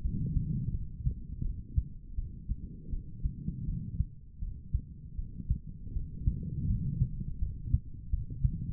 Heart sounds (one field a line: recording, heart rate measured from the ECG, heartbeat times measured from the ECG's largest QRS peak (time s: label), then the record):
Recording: heart sounds by stethoscope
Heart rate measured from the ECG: 82 bpm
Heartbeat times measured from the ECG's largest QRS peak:
0.02 s: heartbeat
0.72 s: heartbeat
1.43 s: heartbeat
2.16 s: heartbeat
2.91 s: heartbeat
3.66 s: heartbeat
4.40 s: heartbeat
5.16 s: heartbeat
5.94 s: heartbeat
6.68 s: heartbeat
7.39 s: heartbeat
8.11 s: heartbeat
From the record:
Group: healthy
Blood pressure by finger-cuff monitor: 111/76 mmHg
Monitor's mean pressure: 91 mmHg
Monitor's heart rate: 85 bpm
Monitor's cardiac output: 5.2 L/min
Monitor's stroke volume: 61 mL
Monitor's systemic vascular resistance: 1200 dyn s/cm5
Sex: female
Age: 51 years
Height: 162 cm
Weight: 70.04 kg